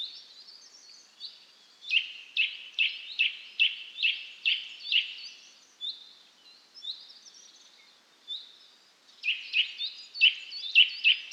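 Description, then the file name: Eurasian nuthatch calling, loud clipped downslurred notes in quick runs, with a quieter stretch midway. "Sitta europaea"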